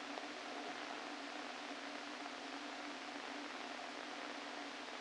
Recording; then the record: brain microelectrode recording played as sound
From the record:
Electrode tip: inside the subthalamic nucleus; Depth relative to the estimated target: 1 mm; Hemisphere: left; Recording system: NeuroSet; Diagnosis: Parkinson's disease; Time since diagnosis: 13 years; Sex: male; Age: 49 years